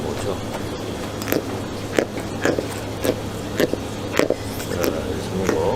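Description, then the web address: Pufferfish eating, with irregular crunchy bites and clicks roughly once or twice a second over a steady low hum. Pufferfish eating carrots. "peixe fugu a comer cenouras"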